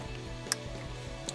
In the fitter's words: clip it in till you hear it click. There's that click.